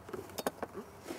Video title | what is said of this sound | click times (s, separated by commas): On the Scene! (#1) | you hold the seat down you lock your seat belt in and it is locked into place | 0.5 s